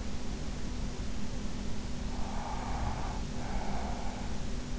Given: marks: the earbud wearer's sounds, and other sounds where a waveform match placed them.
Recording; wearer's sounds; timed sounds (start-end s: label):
sounds in sleep by an in-ear microphone; breath
2.04-4.44 s: breath